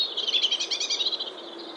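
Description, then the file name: European robin song, a rapid run of high, thin, twittering notes packed tightly together, with a faint steady hiss beneath. "Erithacus rubecula"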